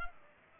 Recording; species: mosquito wingbeat signal from an infrared sensor; Culex pipiens